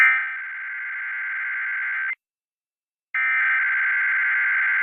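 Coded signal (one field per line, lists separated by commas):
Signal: Emergency Alert System (SAME) tones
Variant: header bursts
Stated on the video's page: Sunday morning weekly tests.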